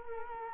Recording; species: mosquito wingbeat signal from an infrared sensor; Culex quinquefasciatus